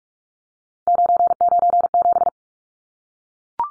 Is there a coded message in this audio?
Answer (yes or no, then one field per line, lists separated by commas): yes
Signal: Morse code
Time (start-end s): 0.9-2.3 s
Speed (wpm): 44 wpm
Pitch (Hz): 700 Hz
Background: none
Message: 997